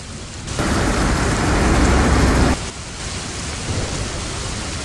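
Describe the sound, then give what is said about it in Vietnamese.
Torrential rain lashes against a window in a dense, roaring hiss that swells loudly for about two seconds, then eases back to a steady, softer downpour. No voices. “Những giọt mưa giống như ngọn roi quật bùm vào cửa sổ. Cả thế giới đang bị cơn mưa tầm tã rung chuyển, giống như sắp sụp đổ vậy.”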